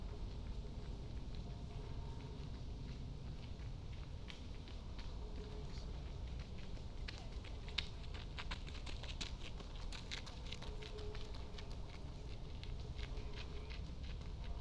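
A walk through University Parks, with a steady low rumble underneath and a thin scatter of crisp ticks and taps that thickens midway.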